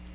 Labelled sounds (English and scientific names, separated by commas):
Magnolia Warbler (Setophaga magnolia) flight call